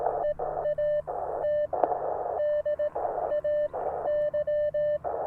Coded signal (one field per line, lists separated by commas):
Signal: Morse code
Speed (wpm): 18 wpm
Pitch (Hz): 600 Hz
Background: none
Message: EAT DAY